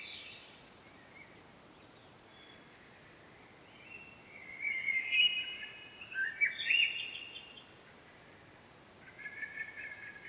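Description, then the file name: Common blackbird singing a soft warbled phrase in the middle, with fainter notes at the start and end, over constant hiss. "Turdus merula"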